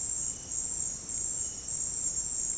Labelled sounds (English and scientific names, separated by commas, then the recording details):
none
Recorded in dense forest near Puerto Asís, Putumayo, Colombia, on 29 June 2025 at 17:30
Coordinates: 0.503, -76.323
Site G059